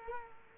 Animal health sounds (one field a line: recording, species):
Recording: mosquito wingbeat signal from an infrared sensor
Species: Culex quinquefasciatus